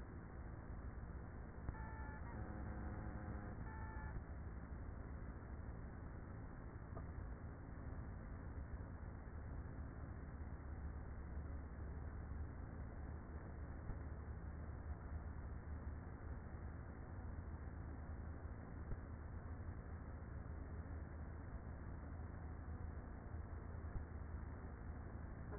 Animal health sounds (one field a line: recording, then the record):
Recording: honeybee colony, microphone inside the hive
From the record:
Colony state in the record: queenless with a low population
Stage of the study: after two queens were removed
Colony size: about 30,000 bees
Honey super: no